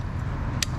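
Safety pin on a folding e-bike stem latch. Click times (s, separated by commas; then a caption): 0.6 s. After the stem latch on a 2023 Portola folding e-bike is closed, the safety lever is raised and the spring-loaded metal safety pin pops out to secure the latch so the stem cannot vibrate down. Over a steady low rumble, one sharp click sounds at 0.6 s as the pin pops into its locked position, and the latch is secured.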